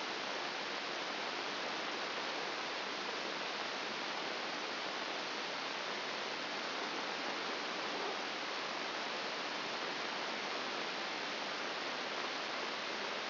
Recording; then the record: brain microelectrode recording played as sound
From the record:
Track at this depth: inside the subthalamic nucleus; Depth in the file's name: 2.504 mm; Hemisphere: left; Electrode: 2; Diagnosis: Parkinson's disease